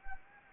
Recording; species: mosquito wingbeat signal from an infrared sensor; Anopheles gambiae